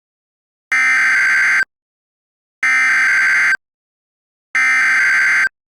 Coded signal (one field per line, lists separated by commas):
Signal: Emergency Alert System (SAME) tones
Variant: header bursts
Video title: Florida Tornado EAS SCENARIO | DISNEY IN DANGER| Pt 1